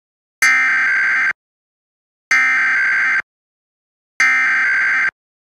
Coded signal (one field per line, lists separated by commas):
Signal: Emergency Alert System (SAME) tones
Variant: header bursts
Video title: [EAS Mock: S2 | #12] "Gigabyte" (03/19/22)